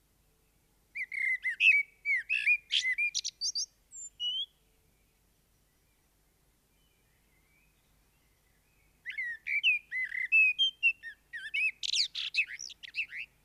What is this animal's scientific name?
Turdus merula